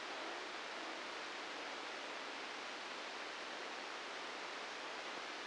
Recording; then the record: brain microelectrode recording played as sound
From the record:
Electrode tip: outside the subthalamic nucleus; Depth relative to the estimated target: 1 mm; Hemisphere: right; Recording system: NeuroSet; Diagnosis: Parkinson's disease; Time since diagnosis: 9 years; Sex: female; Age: 51 years